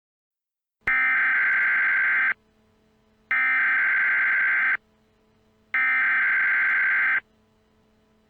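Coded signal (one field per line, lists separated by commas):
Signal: Emergency Alert System (SAME) tones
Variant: header bursts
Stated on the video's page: Fictional EAS scenario, not a real alert.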